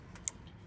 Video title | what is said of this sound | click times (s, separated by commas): Change Spark Plugs on a 2008 3.7L V6 Jeep Grand Cherokee (How-to) | Plug the connector in until it snaps. | 0.3 s